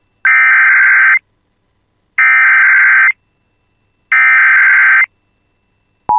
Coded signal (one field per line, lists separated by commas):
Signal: Emergency Alert System (SAME) tones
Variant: header bursts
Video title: [EAS] Confirmed Tornado on the Ground Near Laporte (Just South of Bemidji) 6/19/26